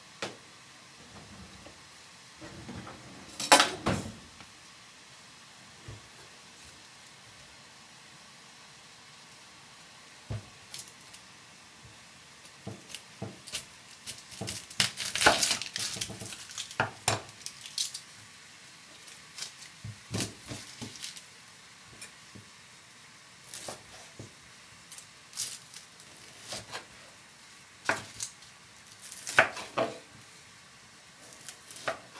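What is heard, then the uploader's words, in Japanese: Food being prepared ahead for packed lunches: scattered clinks and clatters of dishes, pots and utensils over a low steady hiss. Louder bursts of clattering come around 4, 15 and 29 seconds, with quieter taps and scrapes in between. 環境音 弁当用につくりおき。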